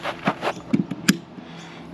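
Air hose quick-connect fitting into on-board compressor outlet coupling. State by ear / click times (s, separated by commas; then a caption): seated / 1.1 s. An air hose quick-connect fitting is pushed into the outlet coupling of an on-board compressor after a cover is lifted off. Some soft rustling and handling taps come first, then a single sharp, bright click at 1.1 seconds as the fitting seats firmly. Afterward only quiet background hiss remains.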